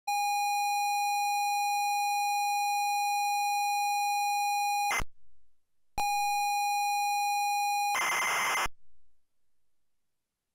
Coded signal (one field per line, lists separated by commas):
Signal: ZX Spectrum tape loading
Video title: The Addams Family (ZX Spectrum)